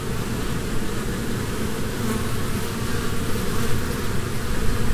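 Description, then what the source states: Honey bees humming en masse, a low continuous buzz that grows slightly louder toward the end. Humming of a swarm from a beehive.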